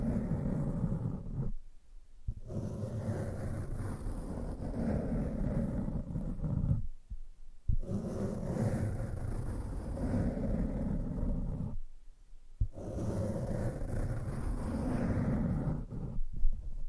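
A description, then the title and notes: Sensitive tracing for ASMR: a dense, rumbling rub and scratch that runs in long steady passes, heavy in the low end with a soft hiss above. The strokes break off into brief silences around two, seven, twelve and sixteen seconds. ASMR Sensitive Tracing (No Talking).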